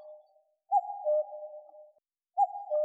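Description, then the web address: Common cuckoo calling a clear, low, hollow two-note cu-coo, the higher note falling to the lower one, repeated after a short pause. "Cuculus canorus"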